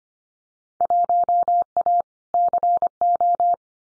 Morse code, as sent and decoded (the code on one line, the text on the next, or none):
.---- .- / -.-. ---
1A CO